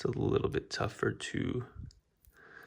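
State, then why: Seated. Small plastic attachment pieces are pushed at an angle into the sockets of an action figure, since they are harder to lock in when inserted straight on. Someone talks, then two sharp clicks at 1.9 s and 2.3 s mark the pieces locking into place.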